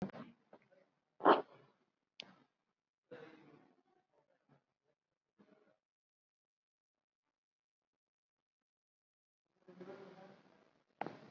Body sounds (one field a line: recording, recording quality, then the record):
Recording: shallow breathing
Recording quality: poor, much background noise or distortion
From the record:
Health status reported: COVID-19 positive, mild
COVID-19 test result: positive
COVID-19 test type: RT-PCR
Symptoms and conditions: sore throat, diabetes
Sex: male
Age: 62 years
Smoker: no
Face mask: worn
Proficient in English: no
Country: India